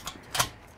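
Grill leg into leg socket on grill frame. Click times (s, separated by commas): 0.1 s, 0.4 s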